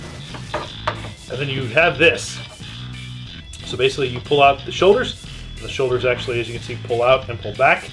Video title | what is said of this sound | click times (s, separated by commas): Hasbro Transformers Combiner Wars Titan Class Devastator REVIEW | part down till locks into place | 0.9 s